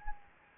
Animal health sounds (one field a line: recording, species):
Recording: mosquito wingbeat signal from an infrared sensor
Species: Anopheles gambiae